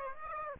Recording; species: mosquito wingbeat signal from an infrared sensor; Aedes aegypti